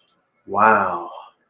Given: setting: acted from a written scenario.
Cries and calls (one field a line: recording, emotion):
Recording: vocal sound without words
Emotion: awe